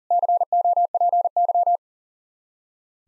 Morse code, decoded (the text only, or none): COPY